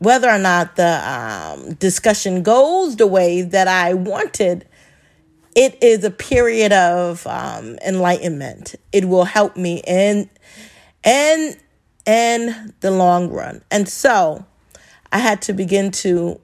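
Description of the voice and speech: An adult woman who stutters speaks at a steady pitch, then repeats and stretches "in" across pauses, stumbling on words: stuttering disfluency.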